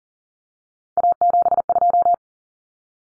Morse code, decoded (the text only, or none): A72